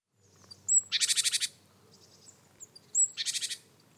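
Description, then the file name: Great tit giving a call twice: a thin, very high note, then a harsh buzzy churr of several rapid pulses, with a quiet gap between the two calls. "Parus major"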